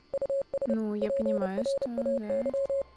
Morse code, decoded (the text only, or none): US PRAY